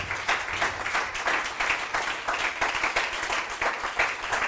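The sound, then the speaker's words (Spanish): A church audience claps steadily for the Lord in a morning service, for several seconds, a dense, even wash of many hands with a constant loudness and no voices rising above it. “¿Por qué no le da un aplauso al Señor esta mañana?”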